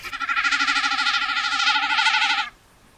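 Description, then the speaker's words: Common Snipe drumming: a steady, bleating, pulsing hum lasting about two and a half seconds, rapidly throbbing, then stopping abruptly. Played back from a phone; a weird, beautiful sound that earns the bird the nickname 'sky goat' (hemelgeit). "Dat wordt ook wel de hemelgeit genoemd, hè?"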